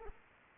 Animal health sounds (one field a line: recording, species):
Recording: mosquito wingbeat signal from an infrared sensor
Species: Anopheles arabiensis